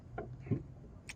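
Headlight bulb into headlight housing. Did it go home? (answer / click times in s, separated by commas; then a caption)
yes / 1.1 s. A headlight bulb on a 2019 Buick Encore / Chevy Trax, with its base tabs lined up, is pressed gently into the slot of the headlight housing. A faint tick at 0.2 s and a soft low thump around 0.5 s come before a sharp click at 1.1 s as the bulb seats back into place.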